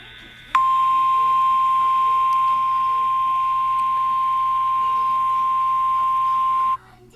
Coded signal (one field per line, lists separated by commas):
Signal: Emergency Alert System (SAME) tones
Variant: 1050 Hz attention tone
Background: speech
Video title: Tornado Warning and severe thunderstorm warning DOUBLE HEADER!!!!! [EAS #21 & #22]